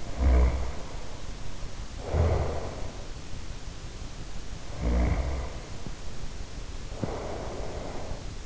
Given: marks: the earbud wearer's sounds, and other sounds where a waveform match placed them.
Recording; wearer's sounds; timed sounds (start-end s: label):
sounds in sleep by an in-ear microphone; snoring breath
0.00-3.18 s: snoring breath
4.64-8.25 s: snoring breath